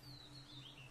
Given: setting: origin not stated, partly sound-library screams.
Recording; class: one-second piece from a danger detection set; normal situation